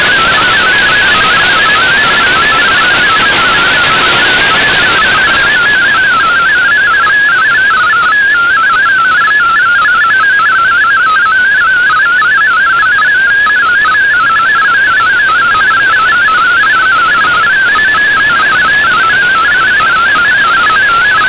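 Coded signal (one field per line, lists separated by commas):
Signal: multi-tone FSK (Olivia or MFSK type)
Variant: MFSK32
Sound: continuous rapid warbling single tone hopping among many pitches around 1.5 kHz, over hiss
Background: radio static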